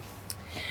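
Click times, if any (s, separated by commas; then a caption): 0.3 s. The third leg of a folding camp bed is opened, and its locking pin engages the frame with a single sharp click at 0.3 s, seating it locked into place. After the click, a softer, brighter rustle follows.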